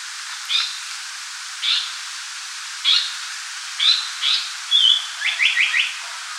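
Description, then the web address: Japanese paradise flycatcher song: a series of spaced, slurred whistled phrases roughly every second, then a drawn whistle and a quick run of four repeated notes, over steady hiss. Recorded on 15 May 2014. "birdenaga sankoutyou"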